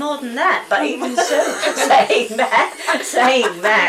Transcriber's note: general laughter